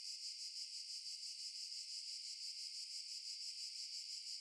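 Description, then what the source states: Cicada giving a constant shrill buzz with a quick rhythmic pulsing, the only sound present. Recorded in underbrush.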